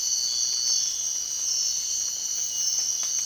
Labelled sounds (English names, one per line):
none